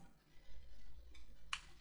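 The plastic connector on a battery cable is pushed into the board socket inside a Scuf Reflex PS5 controller. After a faint, quiet rustle, a single short, sharp click rings out at 1.5 s. The battery connector clicks in and is seated.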